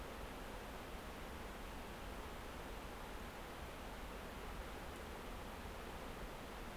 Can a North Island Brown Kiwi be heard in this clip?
no